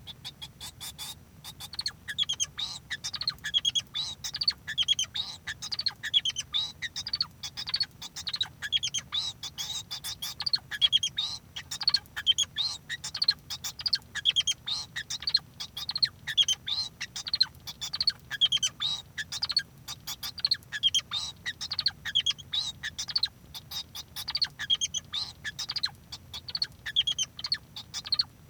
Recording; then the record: song of a male Bengalese finch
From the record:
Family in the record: son of father 2